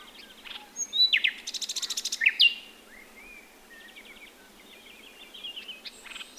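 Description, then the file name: Common nightingale phrase of fast, loud repeated notes ending in a bright slurred whistle, followed by softer scattered notes and short trills. "Luscinia megarhynchos"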